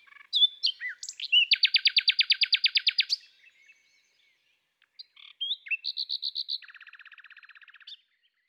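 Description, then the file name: Common nightingale singing: a few whistled notes lead into a long rapid rattling trill, then after a pause a ringing repeated phrase and a lower buzzy trill. "Rossignol philomele Chants doiseaux des bois et des forets"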